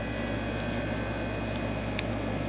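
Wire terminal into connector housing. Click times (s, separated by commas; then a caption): 2.0 s. A wire terminal for a flex-fuel kit harness on a 370Z is pushed into its connector housing and seats with a sharp click at 1.99 s. A fainter tick comes at about 1.6 s over a steady low hum and background noise. The terminal is confirmed seated.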